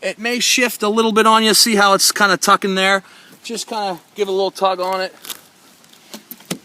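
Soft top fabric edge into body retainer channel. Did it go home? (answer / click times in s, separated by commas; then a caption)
yes / 6.5 s. Someone talks while the tucked fabric edge of a 2014 Jeep Wrangler soft top gets a small tug, followed by a few faint rustles and taps. At 6.5 s a sharp pop marks the edge seating into its body retainer channel.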